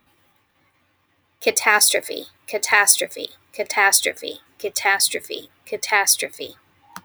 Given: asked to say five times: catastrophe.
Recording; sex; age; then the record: repeated word; female; 30 to 39 years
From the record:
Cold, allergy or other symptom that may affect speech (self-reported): no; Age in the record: 37 years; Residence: New York, United States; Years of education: 14